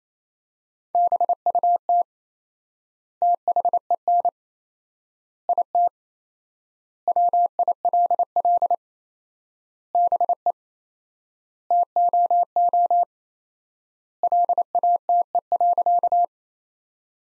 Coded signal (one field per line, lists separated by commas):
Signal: Morse code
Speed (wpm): 28 wpm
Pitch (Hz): 700 Hz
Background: none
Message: BUT THEN IT WILL BE TOO LATE.